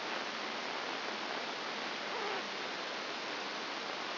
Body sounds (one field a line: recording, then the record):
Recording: brain microelectrode recording played as sound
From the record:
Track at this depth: outside the subthalamic nucleus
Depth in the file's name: 5.701 mm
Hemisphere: left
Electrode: 2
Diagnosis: Parkinson's disease